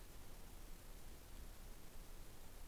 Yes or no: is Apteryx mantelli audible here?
no